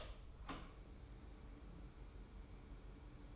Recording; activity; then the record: daily activity, microphone in the room; open door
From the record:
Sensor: 1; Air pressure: 1015.1 hPa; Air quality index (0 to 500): 126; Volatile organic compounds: 5 ppm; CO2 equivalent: 1718 ppm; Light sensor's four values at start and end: 14/33/14/15 and 14/33/14/15